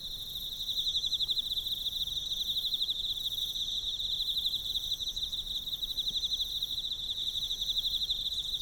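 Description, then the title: Emma field cricket song, an unbroken high trill of quick pulses, accompanied by softer higher insect drones throughout. Recorded with a ZOOM F6 recorder and a Sennheiser MK microphone. "エンマコオロギ"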